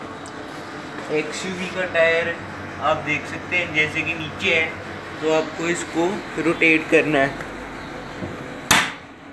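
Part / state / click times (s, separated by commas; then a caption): spare tyre winch carrier under an SUV / released / 8.7 s. Someone talks while the spare-wheel winch under an SUV (XUV500) is turned with the jack rod. A single loud knock at 8.7 s marks the winch releasing, and the spare tyre then lowers as the turning continues.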